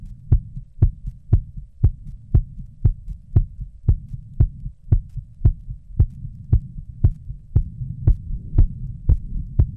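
Rapid, regular adult heartbeat at about 118 beats per minute, each beat a sharp low-pitched thump over a steady low rumble, heard after 20 minutes.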